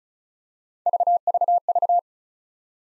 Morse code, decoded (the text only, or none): none